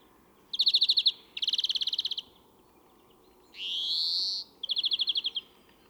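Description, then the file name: European greenfinch song: two fast, buzzy trills, then a long, wheezy, drawn-out rising note, then another rapid trill. "Chloris chloris"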